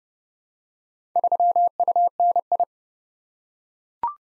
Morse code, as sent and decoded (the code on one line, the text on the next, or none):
...-- ..- -. ..
3UNI